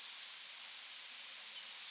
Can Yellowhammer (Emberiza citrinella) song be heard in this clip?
yes